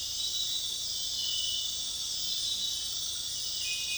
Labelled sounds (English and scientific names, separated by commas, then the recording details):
none
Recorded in dense forest near Puerto Asís, Putumayo, Colombia, on 21 February 2024 at 00:30
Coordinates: 0.502, -76.324
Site G6370